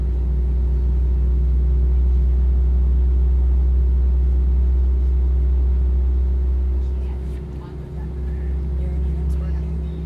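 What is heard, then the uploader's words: Steady low engine drone from a plane in flight, with a constant hum, easing slightly after seven seconds as faint murmuring voices appear. Full Flight From Ft.Lauderdale To Cancun. Talking Sounds, White Noise, Plane Sounds, Flight Sounds, Flight Announcements, Chatting, Engine Sounds, Mechanical Sounds.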